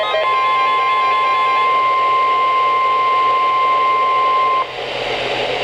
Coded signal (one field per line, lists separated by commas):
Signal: Emergency Alert System (SAME) tones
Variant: 1050 Hz attention tone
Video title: Flash Flood Warning (EAS #793)